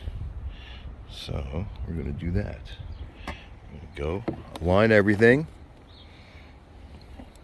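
A 2017-2022 Honda Pilot door mirror assembly is being lined up on the car door so its retaining clip meets its hole, while someone talks. Brief sharp handling sounds occur around 3.3, 7.0 and 7.4 seconds, but the clip has not popped in yet.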